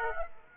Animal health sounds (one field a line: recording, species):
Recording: mosquito wingbeat signal from an infrared sensor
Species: Aedes aegypti